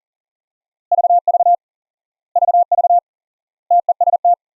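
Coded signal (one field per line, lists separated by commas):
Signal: Morse code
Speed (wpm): 39 wpm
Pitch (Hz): 700 Hz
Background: none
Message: VV VV TEST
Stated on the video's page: Full-duplex sidetone audio of four CW operators connected over the internet via Studio-Link, not radio.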